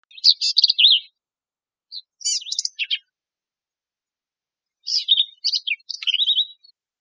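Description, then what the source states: Black-capped vireo song: several high, choppy phrases of quick warbled and buzzy notes, separated by pauses, with a silent background. Texas, 26 June 2005.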